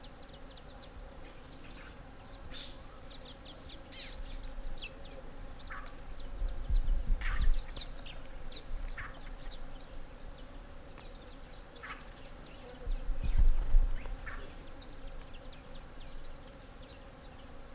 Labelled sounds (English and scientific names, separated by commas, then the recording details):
Cape Verde Warbler (Acrocephalus brevipennis) call
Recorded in the wild
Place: S. Jorge dos Orgaos, Kapverdische Inseln, CV
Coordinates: 15.06, -23.62
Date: 1995-01-21
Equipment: Sony WM-D6C, Sennheiser ME 66, Kopie Revox C 270
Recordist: Fischer, Stefan